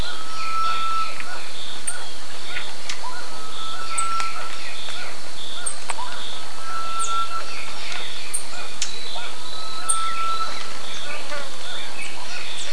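Birds calling, with drawn-out level whistles repeated every few seconds and faint high chirps over steady hiss.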